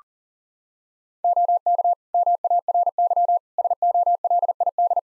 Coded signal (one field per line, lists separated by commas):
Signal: Morse code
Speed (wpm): 40 wpm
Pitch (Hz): 700 Hz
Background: none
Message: OK MARY SOLID